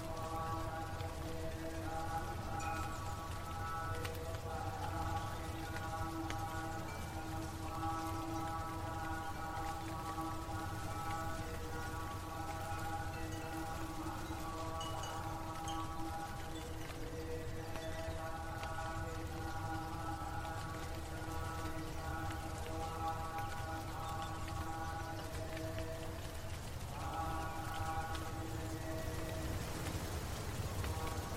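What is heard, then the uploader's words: Thai Buddhist monks chant in a steady, sustained drone with held tones, briefly pausing around 17 and 27 seconds, over a constant rain-like hiss. Buddhist mountain temple ambience. Water droplets/sprey on leaf. The chanting of thai buddhist monk.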